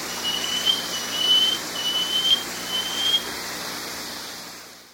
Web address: Natures Songs S America Eastern Lowlands Banded Antbird